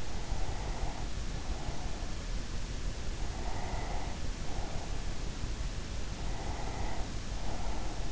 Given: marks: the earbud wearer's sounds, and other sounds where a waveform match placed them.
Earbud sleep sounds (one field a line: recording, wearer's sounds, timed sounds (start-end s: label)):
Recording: sounds in sleep by an in-ear microphone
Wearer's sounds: breath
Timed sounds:
0.36-2.21 s: breath
3.21-5.27 s: breath
6.16-8.12 s: breath